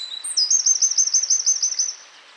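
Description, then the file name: Eurasian wren song: a brief high whistle, then a loud rapid trill of repeated notes at a steady high pitch for about one and a half seconds, ending abruptly. "Troglodytes troglodytes"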